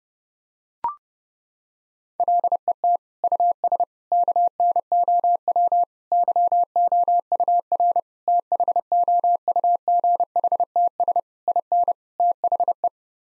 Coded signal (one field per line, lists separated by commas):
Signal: Morse code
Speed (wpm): 32 wpm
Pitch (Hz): 700 Hz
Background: none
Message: LET US KNOW YOUR THOUGHTS IN THE